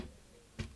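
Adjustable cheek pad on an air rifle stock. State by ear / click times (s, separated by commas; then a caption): not seated / none. The release button on the adjustable cheek pad of a Webley Mastiff 12 air rifle stock is pressed and the pad is slid to a new height, with quiet handling noise and then a short, sharp burst of sound at 0.6 s and a smaller one near 0.8 s. The clip ends before the pad locks into position; nothing has seated or clicked yet.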